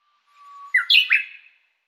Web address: ウグイス